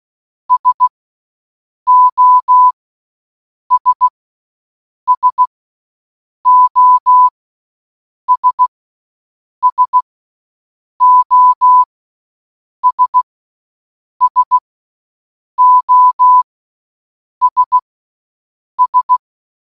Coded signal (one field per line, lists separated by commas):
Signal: Morse code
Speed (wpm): 16 wpm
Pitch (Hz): 1000 Hz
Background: none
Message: SOS SOS SOS SOS S